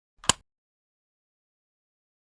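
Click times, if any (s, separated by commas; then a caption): 0.3 s. The dosing lever of a plastic dry powder disk inhaler is slid down until it clicks home at 0.3 s, with a short sharp click heard just after a softer sliding sound. The inhaler is left ready for use, and the rest of the clip is silent.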